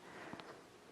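A vintage metal class 66 bobbin is handled at the bobbin winder spindle of a vintage Singer 66 sewing machine, with a few brief metallic taps and light scraping around 0.3–0.4 s over a steady background hiss. Nothing has seated or clicked yet.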